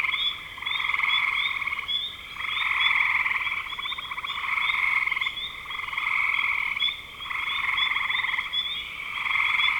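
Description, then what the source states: Frog chorus of rapid pulsed croaks, loud stretches lasting a couple of seconds separated by brief dips, over a constant shrill background tone. Frogs in spring 2025.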